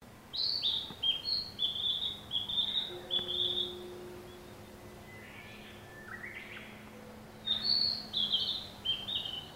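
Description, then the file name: Narcissus flycatcher song: bursts of clear, high whistled notes in quick runs, a run in the first few seconds and another near the end, with a quieter gap between. "kibitaki"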